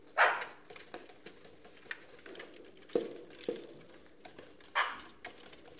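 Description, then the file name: Eurasian magpie giving a few harsh, rasping chak calls, spaced irregularly, with faint clicks and rustling between them. "Pica pica"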